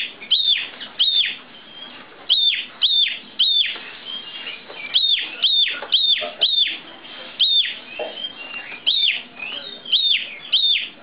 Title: Kicau Kacer